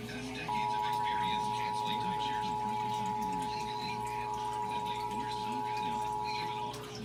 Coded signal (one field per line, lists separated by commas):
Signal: Emergency Alert System (SAME) tones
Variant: 853 and 960 Hz attention tone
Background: speech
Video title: Los Angeles Required Monthly Test (EAS #71-97) 5 25 21